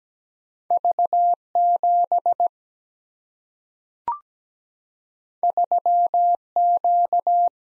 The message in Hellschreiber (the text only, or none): none